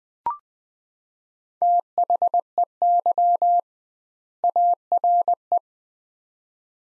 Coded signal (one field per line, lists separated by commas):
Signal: Morse code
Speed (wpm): 20 wpm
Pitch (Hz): 700 Hz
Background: none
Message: THEY ARE